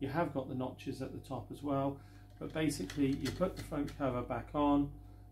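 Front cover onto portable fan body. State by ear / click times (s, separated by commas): not seated / none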